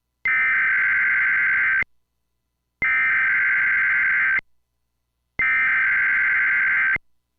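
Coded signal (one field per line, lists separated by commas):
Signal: Emergency Alert System (SAME) tones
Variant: header bursts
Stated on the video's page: Tornado watch received on NOAA Weather Radio, shown with WeatherSTAR 4000.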